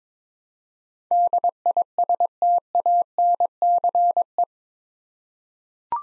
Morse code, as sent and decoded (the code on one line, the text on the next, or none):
-.. .. ... - .- -. -.-. .
DISTANCE